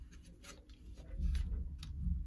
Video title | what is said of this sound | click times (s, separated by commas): NZXT Kracken 360 & Lian Si SL120 Fans Installation | that's the plan so that's how that locks in | 1.4 s, 1.8 s